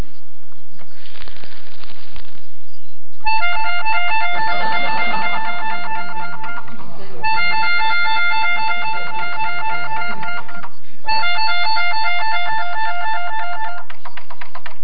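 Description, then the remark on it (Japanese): A melodica (keyboard harmonica) plays the familiar convenience store entrance chime as the final movement of a melodica suite, a bright reedy tune of sustained notes repeated in phrases, with a brief pause between passages and no talking. “コンビニエンスストア入り口の音楽です。”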